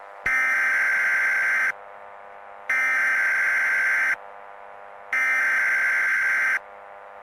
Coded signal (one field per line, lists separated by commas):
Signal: Emergency Alert System (SAME) tones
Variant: header bursts